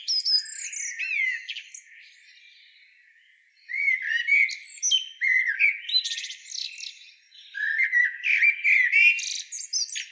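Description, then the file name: Common blackbird singing: a warbled phrase ending in high twitters, a quiet gap of nearly two seconds, then two longer runs of fluted notes mixed with shrill squeaks. "Turdus merula"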